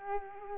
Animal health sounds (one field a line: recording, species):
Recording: mosquito wingbeat signal from an infrared sensor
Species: Culex quinquefasciatus